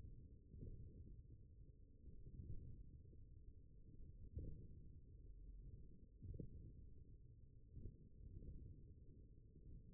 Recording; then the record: forearm muscle sounds (acoustic myography)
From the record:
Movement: radial deviation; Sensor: system 1, eight BSWA MPA416 microphones around the upper forearm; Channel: 5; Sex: male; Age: 42 years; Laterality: right